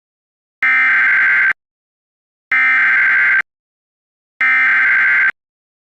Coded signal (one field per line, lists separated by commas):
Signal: Emergency Alert System (SAME) tones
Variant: header bursts